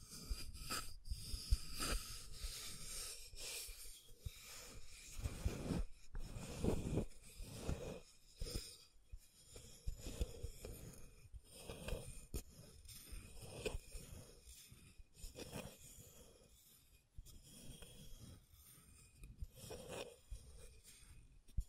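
Scratching and tracing sounds: repeated rough, raspy strokes come in uneven bursts, some slow and drawn out, others short, with brief pauses between.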